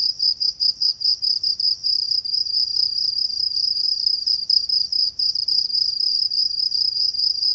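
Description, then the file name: Cricket chirps, high-pitched, clearly separated pulses at first, then running together into a near-continuous trill with occasional brief breaks. Binaural. "Crickets-binaural recording"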